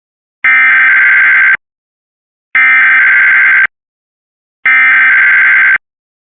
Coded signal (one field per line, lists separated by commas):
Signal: Emergency Alert System (SAME) tones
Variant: header bursts